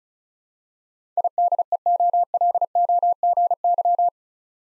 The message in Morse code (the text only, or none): IDEOLOGY